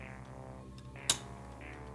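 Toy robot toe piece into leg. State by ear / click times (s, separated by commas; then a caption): seated / 1.1 s. The plastic toe pieces on the leg of a Transformers Legacy Generations Selects Black Zarak robot toy are folded inward until they lock, a fold that takes a lot of force on this one. Over a steady low droning hum, one sharp click sounds at 1.1 s as the toes seat into place.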